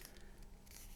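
The fork end of a spring bar tool presses down the spring-loaded bar on a leather strap end and eases it along under the steel lug of a watch, such as a Rolex Submariner, Tudor Pepsi GMT or Omega Seamaster. A sharp click at 0.1 s marks the bar snapping into the lug hole, followed by faint scraping and handling noise. The spring bar is seated and the strap is nice and secure.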